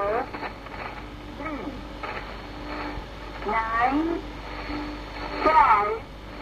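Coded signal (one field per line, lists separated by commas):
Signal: numbers station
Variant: Magnetic Fields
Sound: short voice fragments through heavy shortwave hiss with a low steady hum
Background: radio static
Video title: The Conet Project 309 - Magnetic Fields (Different Voice)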